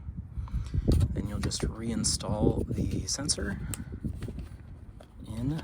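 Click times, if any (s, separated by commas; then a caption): 0.9 s. A plastic parking sensor ring for a TxRax Nissan NV brush guard, aligned by its spine with the V on the printed sensor housing, is pushed straight down and snaps into place with a click at 0.9 s. Someone talks throughout, with a few more light handling taps after the ring is seated.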